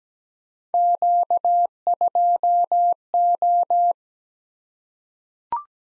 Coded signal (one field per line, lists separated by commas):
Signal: Morse code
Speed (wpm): 17 wpm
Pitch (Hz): 700 Hz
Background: none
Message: Q2O